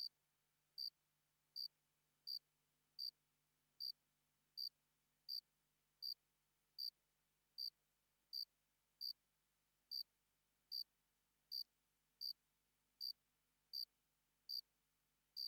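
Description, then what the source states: Cricket giving a steady run of short, high chirps roughly every three-quarters of a second. Single cricket, sparse calling.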